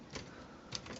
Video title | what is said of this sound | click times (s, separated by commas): MASTERPIECE MEGATRON TRANSFORMERS MP 36 REVIEW | fold this bit underneath until it uh clicks into place | 0.8 s